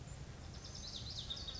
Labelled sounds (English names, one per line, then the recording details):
Lazuli Bunting
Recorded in Sonoma County, California